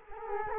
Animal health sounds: mosquito wingbeat signal from an infrared sensor; Culex quinquefasciatus

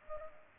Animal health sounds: mosquito wingbeat signal from an infrared sensor; Culex pipiens

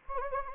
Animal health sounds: mosquito wingbeat signal from an infrared sensor; Anopheles gambiae

